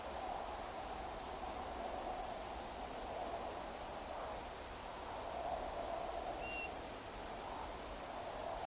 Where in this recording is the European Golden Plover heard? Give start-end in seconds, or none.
6.39-6.69